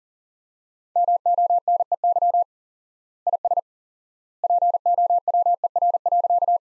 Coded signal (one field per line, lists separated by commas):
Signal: Morse code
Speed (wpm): 40 wpm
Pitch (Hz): 700 Hz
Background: none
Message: MONEY IS POWER.